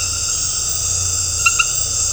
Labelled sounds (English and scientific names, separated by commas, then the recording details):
none
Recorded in dense forest near Puerto Asís, Putumayo, Colombia, on 13 March 2025 at 19:30
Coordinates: 0.468, -76.322
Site GP01